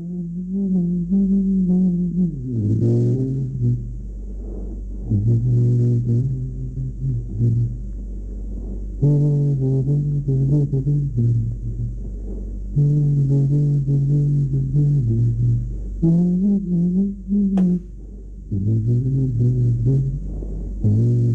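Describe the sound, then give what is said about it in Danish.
Bjørn Nørgaard hums a slow, wandering low-pitched melody over a steady deep rumbling drone, with long sustained notes, brief pauses and occasional faint high ticks, in a sound art work he made many years ago that was long forgotten. “Og det er faktisk noget lydkunst, som han har lavet for mange år siden.”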